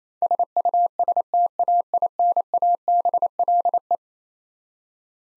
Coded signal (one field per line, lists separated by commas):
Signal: Morse code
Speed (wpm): 27 wpm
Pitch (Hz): 700 Hz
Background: none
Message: SUSTAINABLE